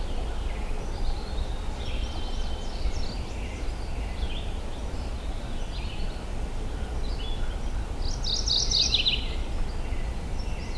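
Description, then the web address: Mourning warbler song: one quick, bright phrase of repeated chirping notes late; fainter calls come earlier, over constant low-pitched noise. Recorded in Michigan on 3 June 2008. "Michigan Bird Songs Oporornis philadelphia 20080603"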